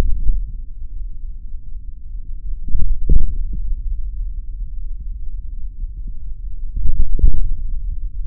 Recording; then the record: forearm muscle sounds (acoustic myography)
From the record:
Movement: hand opening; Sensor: system 3, bracelet of six PUI Audio POM-2738L microphones around the upper forearm, with dedicated amplification and filtering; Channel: 4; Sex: male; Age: 26 years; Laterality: right